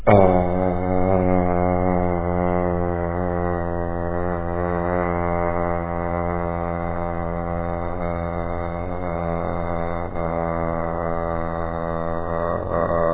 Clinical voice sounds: sustained vowel /a/; male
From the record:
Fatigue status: no fatigue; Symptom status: symptomatic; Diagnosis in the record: COVID-19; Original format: 3gp

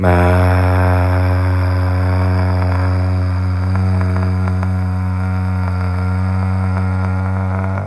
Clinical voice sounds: sustained vowel /a/; male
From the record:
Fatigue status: no fatigue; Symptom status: symptomatic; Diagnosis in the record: COVID-19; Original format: m4a

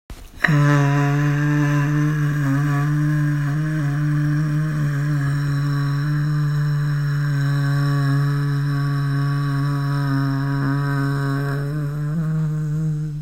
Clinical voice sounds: sustained vowel /a/; female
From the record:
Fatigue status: no fatigue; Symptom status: symptomatic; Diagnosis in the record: COVID-19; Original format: m4a

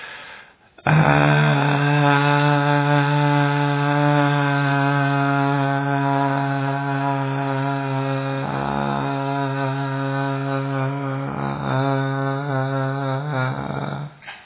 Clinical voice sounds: sustained vowel /a/; male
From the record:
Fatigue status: no fatigue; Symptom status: symptomatic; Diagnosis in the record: COVID-19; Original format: 3gp

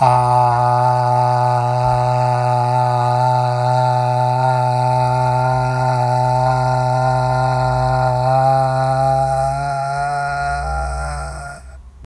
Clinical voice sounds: sustained vowel /a/; male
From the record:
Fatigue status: no fatigue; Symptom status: asymptomatic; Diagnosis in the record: COVID-19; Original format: m4a

